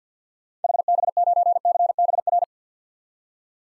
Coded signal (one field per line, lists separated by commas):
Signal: Morse code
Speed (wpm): 50 wpm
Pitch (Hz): 700 Hz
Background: none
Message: HB9CBR